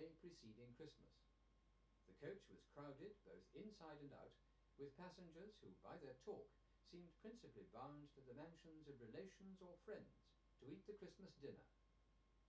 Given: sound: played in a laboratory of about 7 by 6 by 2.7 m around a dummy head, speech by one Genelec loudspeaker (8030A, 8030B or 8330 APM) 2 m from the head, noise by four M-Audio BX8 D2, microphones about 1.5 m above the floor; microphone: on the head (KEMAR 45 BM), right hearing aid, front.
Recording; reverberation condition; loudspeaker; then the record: male speech in English; low; 60 degrees to the left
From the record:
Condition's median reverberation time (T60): about 310 ms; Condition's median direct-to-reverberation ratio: about 3.5 dB